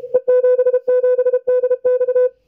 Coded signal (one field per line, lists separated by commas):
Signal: Morse code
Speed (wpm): 31 wpm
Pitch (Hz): 500 Hz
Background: none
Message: E77DX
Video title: JH1HDT qso with E77DX